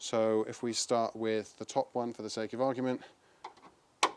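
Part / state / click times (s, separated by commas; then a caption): boot strut end socket onto ball stud / seated / 4.0 s. Someone talks, then a new boot strut end socket is pushed onto the top ball stud on the body of a Mk2 Focus ST/RS. It pops on with a sharp click at 4.0 s, seated.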